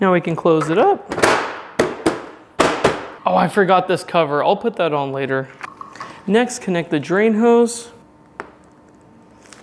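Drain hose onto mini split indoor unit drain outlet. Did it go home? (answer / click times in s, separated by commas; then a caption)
yes / 9.5 s. A mini split's plastic drain hose is pushed onto the drain outlet of the indoor unit while someone talks, with a few sharp knocks partway through. Near the end, two small sharp clicks at 9.5 s and 9.5 s signal that the coupling has clicked in and seated.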